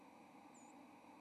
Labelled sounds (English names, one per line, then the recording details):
White-throated Sparrow flight call
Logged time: 08:08 on 30 October 2014